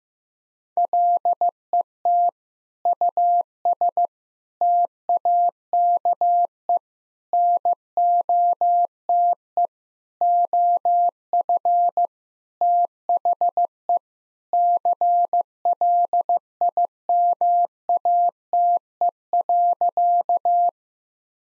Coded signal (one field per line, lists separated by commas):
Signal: Morse code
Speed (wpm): 15 wpm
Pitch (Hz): 700 Hz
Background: none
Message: LET US TAKE NOTE OF THE CLIMATE.